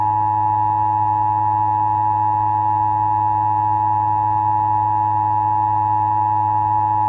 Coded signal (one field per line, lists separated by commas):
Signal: Emergency Alert System (SAME) tones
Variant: 853 and 960 Hz attention tone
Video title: The Two Sheds Review Podcast Episode 9: Are We Easily Offended?